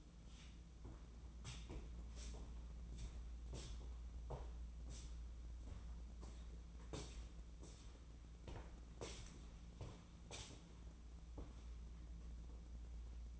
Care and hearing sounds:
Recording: daily activity, microphone in the room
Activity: walk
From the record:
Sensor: 1

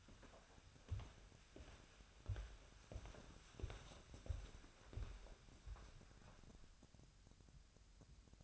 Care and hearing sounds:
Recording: daily activity, microphone in the room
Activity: walk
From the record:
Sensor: 2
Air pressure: 1015.2 hPa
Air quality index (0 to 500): 111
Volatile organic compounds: 3 ppm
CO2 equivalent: 1421 ppm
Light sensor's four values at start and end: 12/32/12/14 and 13/36/14/16

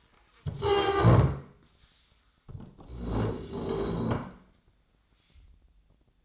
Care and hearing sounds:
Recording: daily activity, microphone in the room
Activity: stand up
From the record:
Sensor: 3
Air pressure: 1012.3 hPa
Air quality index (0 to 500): 175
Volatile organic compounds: 3 ppm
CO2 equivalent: 1336 ppm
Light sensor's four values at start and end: 97/219/103/121 and 53/136/60/63

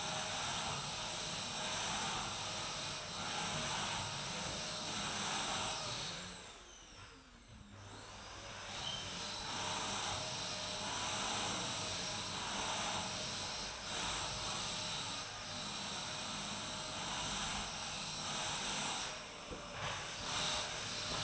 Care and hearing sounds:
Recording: daily activity, microphone in the room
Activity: vacuum cleaning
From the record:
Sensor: 2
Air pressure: 1001.8 hPa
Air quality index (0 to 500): 248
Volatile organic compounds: 39 ppm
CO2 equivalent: 3130 ppm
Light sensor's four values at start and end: 8/27/10/10 and 8/28/11/10

